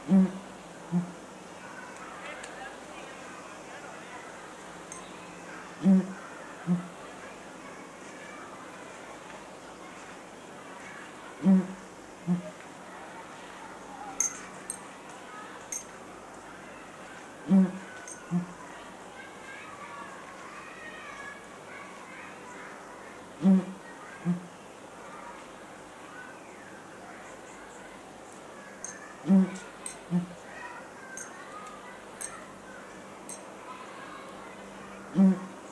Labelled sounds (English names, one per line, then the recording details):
Abyssinian Ground Hornbill call
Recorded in captivity
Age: adult
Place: Zoo Berlin, Berlin, DE
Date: 2004-09-17 17:37
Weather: sonnig, 19°C
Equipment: Sony WM-D6C, Sennheiser ME 80, Kopie Uher 4000 Report Monitor
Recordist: Tembrock, Günter